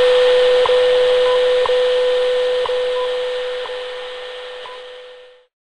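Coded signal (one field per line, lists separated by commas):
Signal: radio time signal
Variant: WWV or WWVH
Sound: steady low tone in hiss, interrupted by five sharp ticks one second apart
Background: radio static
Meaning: Each tick marks one second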